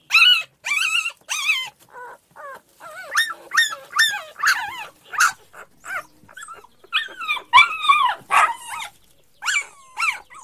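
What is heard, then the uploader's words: Puppies cry in a steady run of high, wavering whimpers and yelps, about two or three a second with short gaps between. The cries rise and fall in pitch, some sliding sharply, and a few louder bursts stand out near the start and around eight seconds. Puppies Crying.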